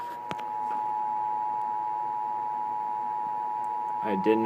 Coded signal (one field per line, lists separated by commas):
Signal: Emergency Alert System (SAME) tones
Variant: 853 and 960 Hz attention tone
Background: speech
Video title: EAS #256 - Severe Thunderstorm Warning